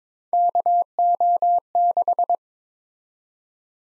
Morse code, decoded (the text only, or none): KO6